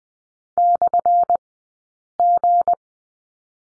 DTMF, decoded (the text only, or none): none